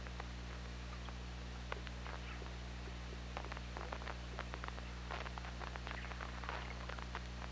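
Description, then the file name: Killer whale clicks in dense irregular trains over a steady low hum and hiss. Recorded on the OrcaLab hydrophone on 24 August 2017 at 21:28. "Orca Lab UTLN JASON 20170824 212838"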